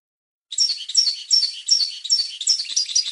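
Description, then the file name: European goldfinch song begins after half a second of quiet: bright twittering phrases repeated in quick succession, still continuing when the recording ends. "audio burung goldfinch"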